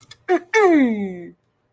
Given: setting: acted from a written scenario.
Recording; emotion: vocal sound without words; triumph